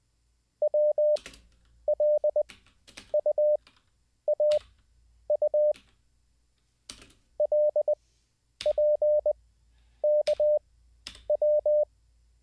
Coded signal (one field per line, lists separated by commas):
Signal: Morse code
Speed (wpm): 20 wpm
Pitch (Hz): 600 Hz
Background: none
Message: WLUAU LPKW